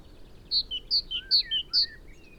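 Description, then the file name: Great tit call: several ringing notes alternating high and low in steady pairs, with lower sliding whistles in the background. "Parus major"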